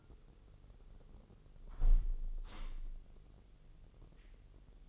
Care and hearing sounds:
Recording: daily activity, microphone in the room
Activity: close window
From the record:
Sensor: 4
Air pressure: 996.6 hPa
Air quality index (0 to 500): 85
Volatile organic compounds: 4 ppm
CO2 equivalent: 1628 ppm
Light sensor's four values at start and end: 20/54/21/22 and 19/53/20/22

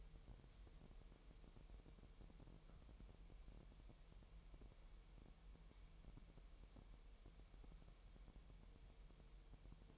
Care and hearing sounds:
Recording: daily activity, microphone in the room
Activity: wipe stove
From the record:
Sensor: 1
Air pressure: 1000.9 hPa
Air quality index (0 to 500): 249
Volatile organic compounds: 150 ppm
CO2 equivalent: 4021 ppm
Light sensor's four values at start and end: 12/28/11/12 and 12/28/11/12

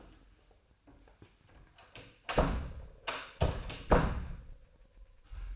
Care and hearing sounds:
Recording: daily activity, microphone in the room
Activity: close door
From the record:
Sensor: 2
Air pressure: 1007.4 hPa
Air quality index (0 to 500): 182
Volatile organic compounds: 10 ppm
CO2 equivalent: 2234 ppm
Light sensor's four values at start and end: 10/24/10/10 and 10/23/10/10

